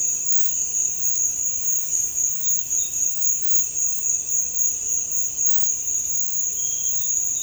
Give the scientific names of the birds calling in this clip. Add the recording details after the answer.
none. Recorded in dense forest near Puerto Asís, Putumayo, Colombia, on 20 February 2024 at 06:00. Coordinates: 0.487, -76.319. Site G6403